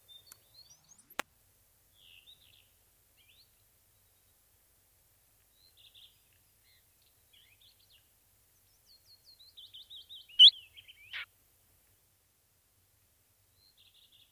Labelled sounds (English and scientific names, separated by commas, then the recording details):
Willow Warbler (Phylloscopus trochilus)
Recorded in the wild
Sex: pair
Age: adult
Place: Spitzberg, Tübingen, Baden-Württemberg, DE
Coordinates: 48.5167, 9.01667
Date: 1968-05-09
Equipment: Kapselmikrophon, LGS26
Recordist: Schneider, Hans-Joachim